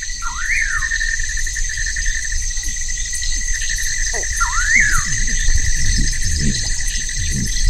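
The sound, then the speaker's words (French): At night, a dense chorus of many insects trills steadily in several high-pitched layers. A couple of brief swooping calls from a bird of unknown species cut through, with a low rumble underneath. No one speaks. “Donc il y a beaucoup d'insectes.”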